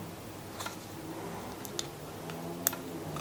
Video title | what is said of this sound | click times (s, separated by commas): Garry's Garage - Audi R8 coilpack wiring - Ford Anglia #04 | you know clicks into place nicely and | 2.7 s